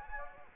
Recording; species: mosquito wingbeat signal from an infrared sensor; Anopheles gambiae